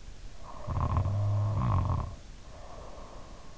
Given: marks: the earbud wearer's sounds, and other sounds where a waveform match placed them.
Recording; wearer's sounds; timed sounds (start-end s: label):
sounds in sleep by an in-ear microphone; snoring breath
0.23-3.48 s: snoring breath